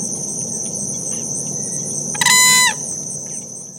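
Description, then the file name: Whooping crane giving a single loud, trumpeting, harmonic-rich call lasting about half a second, over a steady high insect buzz. "Whooping Crane - Grus americana"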